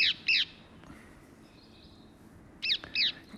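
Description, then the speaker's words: Rose-ringed Parakeet calls, two harsh screeching squawks, a quiet pause, then two more shrill screeches over faint background noise. Exotic species; birdwatchers recently counted them at their roosting sites. "daar horen we hem weer, de halsbandparkiet."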